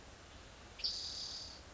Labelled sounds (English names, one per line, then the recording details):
Spotted Towhee
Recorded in Sonoma County, California